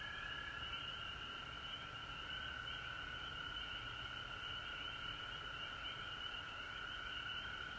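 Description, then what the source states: Dense frog chorus, constant mid-pitched trill beneath busy higher pulsing notes, no breaks. Recorded at home in Georgia on March 19, 2020.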